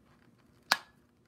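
A snap lock lid is pressed onto a double wall sublimation tumbler. A single sharp, loud snap is heard at 0.7 s, rising briefly above a quiet background. The lid is seated and clicked on.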